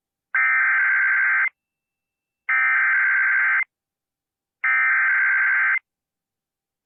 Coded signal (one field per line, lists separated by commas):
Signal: Emergency Alert System (SAME) tones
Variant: header bursts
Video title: A SHORT SLGT RISK EVENT... EAS Alerts from 6/28/22 (EAS 1,091-1,096)